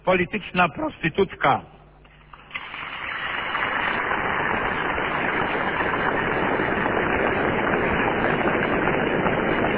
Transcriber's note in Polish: oklaski